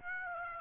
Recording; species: mosquito wingbeat signal from an infrared sensor; Aedes aegypti